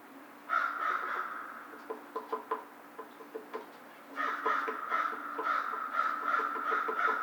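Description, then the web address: American crow cawing harshly, then a string of dry clicking, rattling notes, followed by a renewed burst of rapid hoarse caws. Recorded on 2 March 2010. "Crow 2010 03 02 American Crow"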